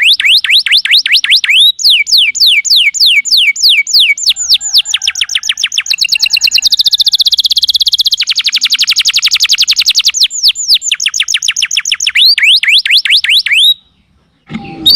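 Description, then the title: Bird with rapid, loud trilled song of repeated descending whistled sweeps, phrases shifting in speed, ending abruptly in near silence. "Kicau Burung"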